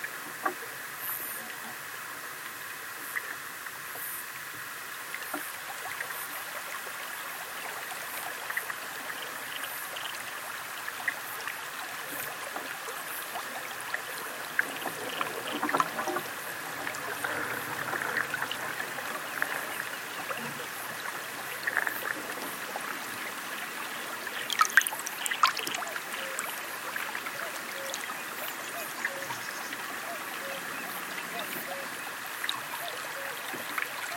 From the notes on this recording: A sonic immersion in the River Allen, UK, one of the world's few chalk rivers